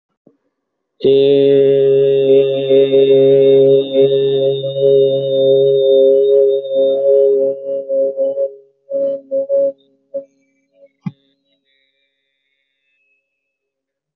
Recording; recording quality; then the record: sustained vowel as in made; moderate, slight background noise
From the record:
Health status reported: healthy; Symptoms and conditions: none ticked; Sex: male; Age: 22 years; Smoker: not ticked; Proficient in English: yes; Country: India